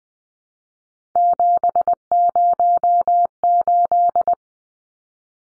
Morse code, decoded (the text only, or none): 708